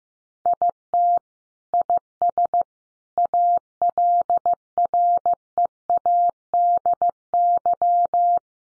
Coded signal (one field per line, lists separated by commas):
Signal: Morse code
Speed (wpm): 15 wpm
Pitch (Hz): 700 Hz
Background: none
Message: IT IS ALREADY